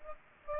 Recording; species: mosquito wingbeat signal from an infrared sensor; Aedes aegypti